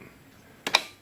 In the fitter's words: you hear it lock and it spins the axle